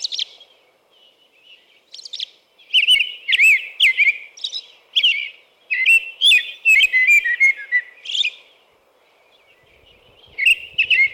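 American robin singing a long, fast series of warbled whistled phrases with high squeaky notes, trailing into a pause and a final short phrase.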